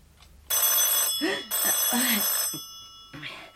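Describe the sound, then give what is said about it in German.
A telephone bell rings loudly in two long, shrill bursts with a bright metallic buzz, while a voice speaks underneath, then the ringing cuts off. “Telefon.”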